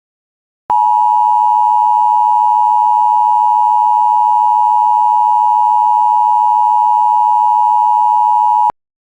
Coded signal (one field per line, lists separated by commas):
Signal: Emergency Alert System (SAME) tones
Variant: 853 and 960 Hz attention tone